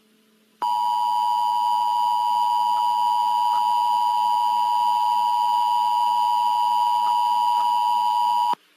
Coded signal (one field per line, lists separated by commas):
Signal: Emergency Alert System (SAME) tones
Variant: 853 and 960 Hz attention tone